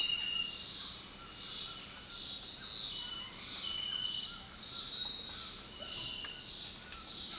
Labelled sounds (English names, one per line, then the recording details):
White-throated Toucan
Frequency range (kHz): White-throated Toucan 0.8-2.3 kHz
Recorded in dense forest near Puerto Asís, Putumayo, Colombia, on 18 February 2024 at 18:00
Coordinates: 0.499, -76.324
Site G6469